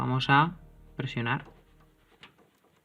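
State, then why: Seated. Someone talks, then a BIOS flash chip from an ASUS P5KPL/1600 board is pressed into the socket clamp of an EZP2019+ programmer until it locks. A short, sharp click sounds at 2.2 s, and the chip is seated correctly.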